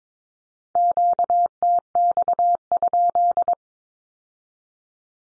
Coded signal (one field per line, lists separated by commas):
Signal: Morse code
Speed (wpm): 22 wpm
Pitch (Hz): 700 Hz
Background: none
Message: QTX?